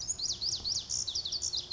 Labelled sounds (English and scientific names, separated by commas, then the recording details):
Pacific Wren (Troglodytes pacificus)
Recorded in Sonoma County, California